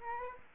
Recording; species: mosquito wingbeat signal from an infrared sensor; Aedes aegypti